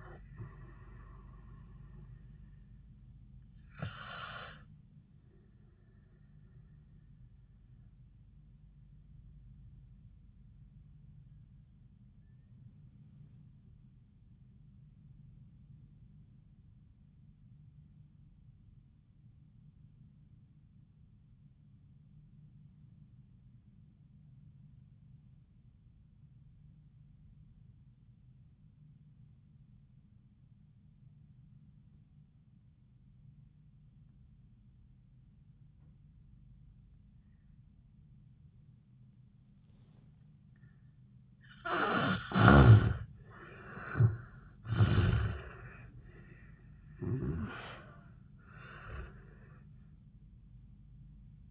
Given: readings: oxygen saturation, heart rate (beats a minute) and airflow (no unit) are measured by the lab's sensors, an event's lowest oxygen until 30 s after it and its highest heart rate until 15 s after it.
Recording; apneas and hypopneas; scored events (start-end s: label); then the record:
breathing in sleep by a smartphone at the bedside; 1
6.00-40.60 s: obstructive apnea (N1, oxygen 96% highest, then 73% lowest, heart rate 77 at the start, 86 highest)
28.00-51.51 s: new sleep stage, N2 (light sleep)
From the record:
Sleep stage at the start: N1 (lightest sleep); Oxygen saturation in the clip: 73 to 96%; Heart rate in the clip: 62 to 84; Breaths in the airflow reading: 3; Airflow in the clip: -25.1 to 12.0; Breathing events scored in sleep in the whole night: 400 in 8.7 hours asleep